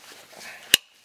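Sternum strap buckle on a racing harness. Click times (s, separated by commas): 0.7 s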